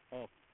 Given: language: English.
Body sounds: throat vibration sensor signal played as sound; speech

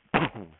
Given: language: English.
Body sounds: throat vibration sensor signal played as sound; cough

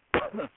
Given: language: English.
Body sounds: throat vibration sensor signal played as sound; cough

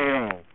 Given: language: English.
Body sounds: throat vibration sensor signal played as sound; speech

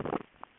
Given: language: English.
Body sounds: throat vibration sensor signal played as sound; swallow

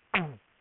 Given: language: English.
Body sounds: throat vibration sensor signal played as sound; throat clearing

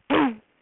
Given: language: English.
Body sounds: throat vibration sensor signal played as sound; throat clearing

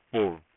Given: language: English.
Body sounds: throat vibration sensor signal played as sound; speech

